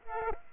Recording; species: mosquito wingbeat signal from an infrared sensor; Aedes aegypti